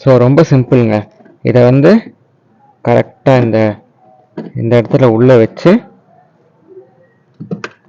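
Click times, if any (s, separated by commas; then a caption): 7.6 s. A fog light bulb socket is pushed into its lamp housing on a Suzuki XL6 while someone talks. After the talking stops, a short sharp click comes at 7.6 seconds, with faint ticks just before and after. The socket is seated and fixed in place.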